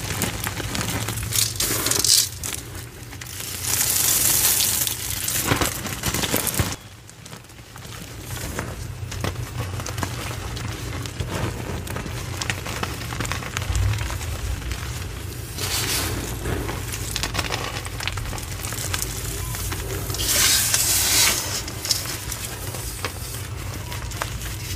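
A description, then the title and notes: Gym chalk crumbles in dense, crispy crackling bursts, with brighter crunchy surges near 3–5 and 20–22 seconds over a steady low hum. Black Iron Oxide *Crush Only* Compilation! Crispy crunchy black iron oxide gym chalk crumbles and oddly satisfying asmr sounds.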